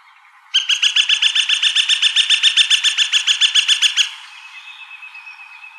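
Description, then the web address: Gilded Flicker giving a fast series of loud, evenly spaced wik notes for about three and a half seconds, then a faint thin tone lingers. Recorded by Deviche, apparently on 29 March 2003. "Woodpeckers AZFO GIFL deviche"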